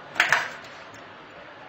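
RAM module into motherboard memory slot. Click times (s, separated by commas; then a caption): 0.2 s, 0.3 s. A RAM module is pressed into a motherboard DIMM memory slot until the retention levers flip up and click shut at 0.2 s and 0.3 s. The two sharp clicks come over a quiet background, and the module is seated.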